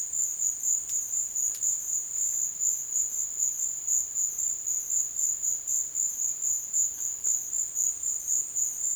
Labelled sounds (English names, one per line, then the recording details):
none
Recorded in dense forest near Puerto Asís, Putumayo, Colombia, on 22 June 2025 at 14:00
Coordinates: 0.484, -76.325
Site H65